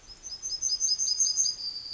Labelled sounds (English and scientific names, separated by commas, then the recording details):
Yellowhammer (Emberiza citrinella) song
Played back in forest
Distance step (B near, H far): D
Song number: 059